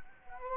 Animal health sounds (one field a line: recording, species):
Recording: mosquito wingbeat signal from an infrared sensor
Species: Culex quinquefasciatus